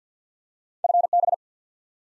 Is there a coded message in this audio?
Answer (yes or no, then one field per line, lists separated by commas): yes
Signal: Morse code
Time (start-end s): 0.8-1.3 s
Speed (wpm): 46 wpm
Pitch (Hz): 700 Hz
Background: none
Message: FB